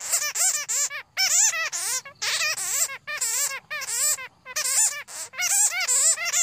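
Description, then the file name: Bat squeaking calls: rapid bursts of shrill, wavering chirps with rising and falling notes, grouped in chattering runs separated by brief pauses. "Tieng doi keu"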